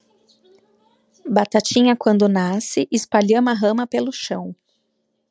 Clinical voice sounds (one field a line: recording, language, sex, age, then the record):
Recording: short text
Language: Brazilian Portuguese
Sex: female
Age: 40 to 49 years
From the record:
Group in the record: control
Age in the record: 41 years